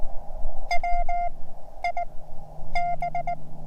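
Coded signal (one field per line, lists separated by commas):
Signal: Morse code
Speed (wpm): 18 wpm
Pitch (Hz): 700 Hz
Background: none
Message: WIB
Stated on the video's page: CW during a park activation at Cheyenne Mountain State Park by an operator learning Morse.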